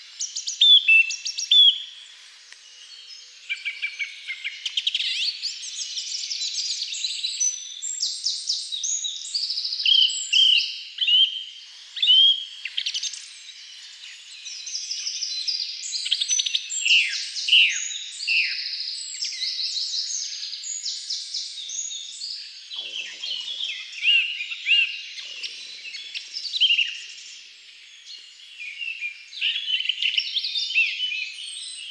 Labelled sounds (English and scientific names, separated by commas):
Song Thrush (Turdus philomelos) song